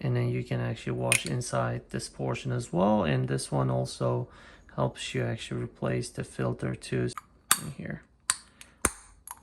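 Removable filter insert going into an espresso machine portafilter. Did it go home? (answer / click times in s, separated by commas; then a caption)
yes / 8.3 s, 8.9 s. Someone talks for most of the clip, then the removable plastic insert of a Breville espresso portafilter is pressed back onto the filter. Two sharp clicks at 8.3 s and 8.9 s, each followed by a fainter tick, mark it snapping back into place, seated.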